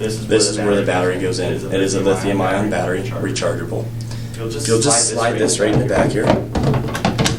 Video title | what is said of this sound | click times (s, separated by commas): Introducing Your SeQual Eclipse 3 From 1st Class Medical | You'll actually hear it click when it's in. | 7.1 s, 7.2 s, 7.3 s